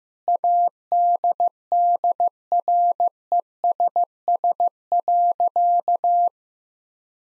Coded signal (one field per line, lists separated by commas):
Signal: Morse code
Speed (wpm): 15 wpm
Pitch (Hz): 700 Hz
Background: none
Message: ADDRESS.